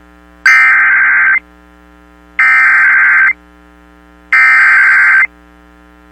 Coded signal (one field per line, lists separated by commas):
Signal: Emergency Alert System (SAME) tones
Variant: header bursts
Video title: Severe Thunderstorm Warning on 550 KBOW-AM Butte, MT (7/1/25) (EAS #6,028)